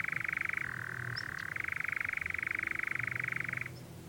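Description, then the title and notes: Nightjar churr, a fast rattling trill that drops briefly in pitch, then rises again before cutting off abruptly. Nocturnal bird churring on a warm June summer evening, on a hill in the Brecon Beacons, amid honeysuckle and foxgloves. "Sound Escape 20: the mesmerising churring of a nightjar on a summer's night. it's a warm June evening on a hill in the Brecon Beacons and the strange churring of a nocturnal bird called the nightjar"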